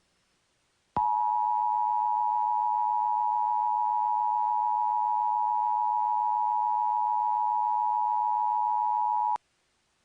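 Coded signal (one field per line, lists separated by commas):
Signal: Emergency Alert System (SAME) tones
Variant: 853 and 960 Hz attention tone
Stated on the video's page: Fictional joke alert.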